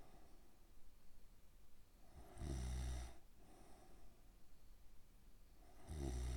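Two loud, low, rattling snores come about three and a half seconds apart, each lasting under a second, with quiet breathing in between. It is ordinary snoring from an adult sleeper.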